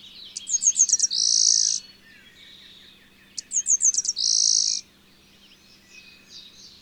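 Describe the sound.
Bird singing a high phrase of quick, sharp notes ending in a dense buzzy trill, given twice about three seconds apart.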